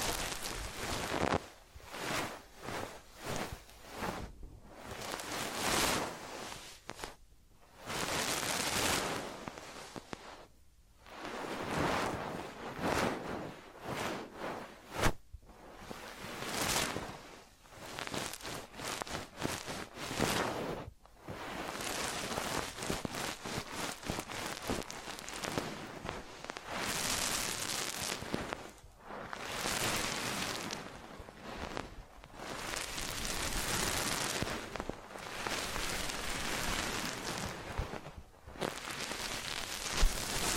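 Massage and ear cleaning sounds: rough, hissy rubbing and scratching strokes that run in bursts of a second or several seconds, separated by brief pauses, such as near 5, 7, 11, 15 and 21 seconds. The texture stays dense, bright and fairly even in loudness throughout.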